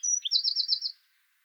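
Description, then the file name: Eurasian wren song phrase: a high thin note followed by a rapid, pulsing series of shrill trills, ending abruptly, with silence after. "Troglodytes troglodytes"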